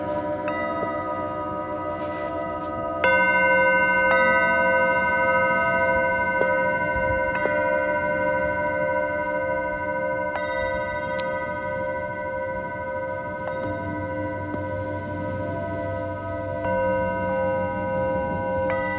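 Singing bowls are struck one after another, each strike adding a bright ringing tone that sustains and slowly fades under the next. New strikes land roughly every few seconds, notably near 3, 7, 10, 13.5 and 17 seconds, keeping a dense, shimmering wash with a low steady hum beneath.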